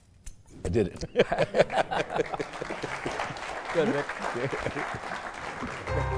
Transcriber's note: laughter; applause